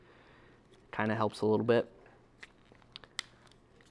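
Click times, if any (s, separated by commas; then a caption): 3.2 s. Someone talks while the bottom tab of a plastic leg panel is rolled into place on the back of the knee of a transforming robot toy, with small crinkling ticks after the speech. A sharp click at 3.2 seconds marks the tab seating into place.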